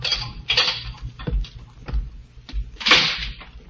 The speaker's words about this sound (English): Then footsteps sound in the corridor. The door opens.